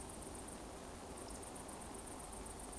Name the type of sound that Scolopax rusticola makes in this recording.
whistle